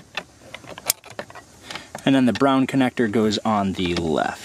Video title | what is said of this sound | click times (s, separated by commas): Full Tow Mirror Install: (2015-2020) Tahoe, Yukon, and Suburban - Boost Auto Parts | You should be able to feel and hear it latch. | 0.9 s